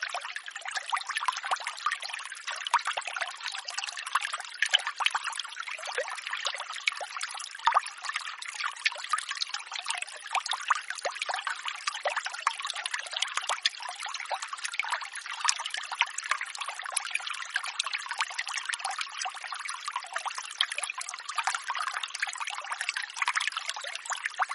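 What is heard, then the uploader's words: A forest stream runs steadily, its water trickling and splashing in a dense, continuous patter with no pauses. The sound sits in the middle and upper range with almost no low rumble, suggesting shallow water over stones. Stream in Forest.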